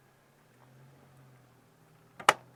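An anti-flap kit strap clip is pushed into its mount on the tent canvas of an Ezytrail Ceduna 15 Mk3 camper trailer, with a low steady hum in the background. A faint tick at 2.2 s is followed by a sharp, loud snap at 2.3 s as the clip seats in its mount.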